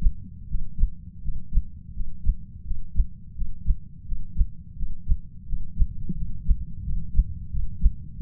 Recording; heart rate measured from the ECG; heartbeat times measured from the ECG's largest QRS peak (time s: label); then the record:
heart sounds by stethoscope; 86 bpm
0.48 s: heartbeat
1.22 s: heartbeat
1.94 s: heartbeat
2.64 s: heartbeat
3.35 s: heartbeat
4.05 s: heartbeat
4.76 s: heartbeat
5.46 s: heartbeat
6.15 s: heartbeat
6.84 s: heartbeat
7.50 s: heartbeat
8.16 s: heartbeat
From the record:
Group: healthy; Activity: breath hold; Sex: male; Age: 33 years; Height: 179 cm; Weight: 80.4 kg